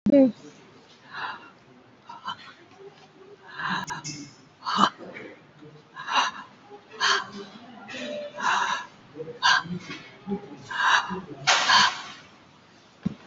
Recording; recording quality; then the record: deep breathing; excellent, no background noise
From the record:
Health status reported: COVID-19 positive, mild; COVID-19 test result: positive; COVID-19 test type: RT-PCR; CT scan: taken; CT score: 5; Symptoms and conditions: cough, breathing difficulty, sore throat, fatigue, muscle pain, loss of smell and taste, hypertension, another condition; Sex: female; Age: 75 years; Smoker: no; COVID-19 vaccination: both doses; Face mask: not worn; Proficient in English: yes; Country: India